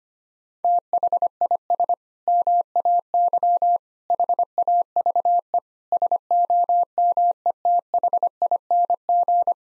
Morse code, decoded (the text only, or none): THIS MAY HAVE SOMETHING